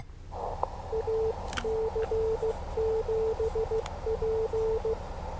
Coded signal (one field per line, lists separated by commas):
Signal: Morse code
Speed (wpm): 15 wpm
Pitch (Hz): 440 Hz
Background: none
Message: AC7P